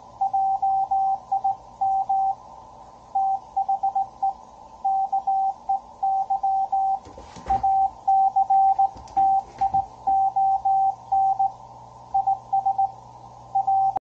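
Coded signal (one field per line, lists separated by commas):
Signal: Morse code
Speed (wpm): 17 wpm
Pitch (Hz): 780 Hz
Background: radio noise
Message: JIM THE KEY ACTION IS A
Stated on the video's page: CW CQ and QSO on 40 meters, Ten-Tec Argonaut 515 at 25 W, paddle or bug or straight key, through JPS NRF-7 CW-Wide filter, ground-level vertical.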